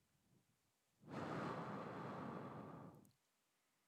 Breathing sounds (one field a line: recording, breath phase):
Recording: one breath near a microphone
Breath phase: exhalation